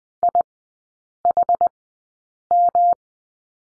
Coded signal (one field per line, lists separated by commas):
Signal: Morse code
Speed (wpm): 20 wpm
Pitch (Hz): 700 Hz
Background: none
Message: IHM